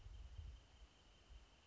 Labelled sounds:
Wrentit (Chamaea fasciata)
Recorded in Sonoma County, California

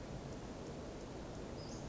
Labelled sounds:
Western Flycatcher (Empidonax difficilis)
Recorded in Sonoma County, California

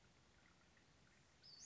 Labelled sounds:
Western Flycatcher (Empidonax difficilis)
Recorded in Sonoma County, California

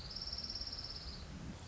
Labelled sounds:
Orange-crowned Warbler (Leiothlypis celata)
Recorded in Sonoma County, California

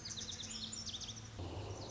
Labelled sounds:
Lazuli Bunting (Passerina amoena)
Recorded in Sonoma County, California

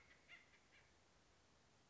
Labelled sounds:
Acorn Woodpecker (Melanerpes formicivorus)
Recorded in Sonoma County, California

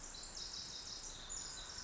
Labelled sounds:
Pacific Wren (Troglodytes pacificus)
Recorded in Sonoma County, California

